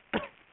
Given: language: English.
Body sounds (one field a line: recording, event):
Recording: throat vibration sensor signal played as sound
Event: cough